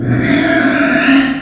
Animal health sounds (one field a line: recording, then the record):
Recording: squeal of a Yucatan mini pig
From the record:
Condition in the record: after surgery on the right vocal fold (resection and tissue-engineered implant)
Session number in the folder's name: 4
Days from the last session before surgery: 26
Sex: female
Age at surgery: 19 weeks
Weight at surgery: 25 kg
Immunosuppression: prednisolone